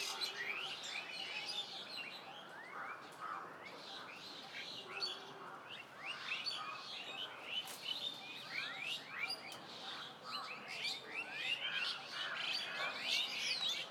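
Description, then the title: Birds chirping and twittering, many overlapping short high notes throughout, busy and irregular. Birds at medium distance in a village ambience. "GameAudioGDC. AMBIENCE Birds Medium Distant Village and People"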